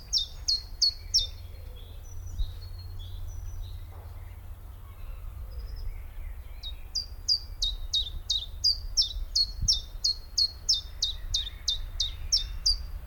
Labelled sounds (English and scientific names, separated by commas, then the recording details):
Common Chiffchaff (Phylloscopus collybita)
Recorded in the wild
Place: Friedhof Niederschönhausen III, Berlin, DE
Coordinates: 52.57, 13.38
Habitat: Stadtfriedhof
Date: 1996-04-20 13:30
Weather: sonnig, 20°C
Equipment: Sony MD-WM MZ-R3, Sennheiser MKH 416 T, Kopie Uher 4000 Report Monitor
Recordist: Tembrock, Günter